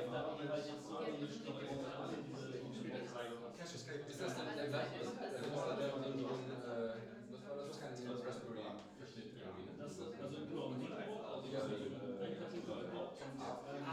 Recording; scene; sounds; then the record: everyday scene through a hearing-aid microphone; many people talking; many voices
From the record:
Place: bistro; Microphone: in the ear canal, left